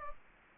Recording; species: mosquito wingbeat signal from an infrared sensor; Anopheles gambiae